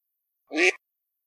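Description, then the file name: Eurasian teal giving one short nasal quack, a single brief harsh note against silence. Recorded 1 May 2023. "alzavola"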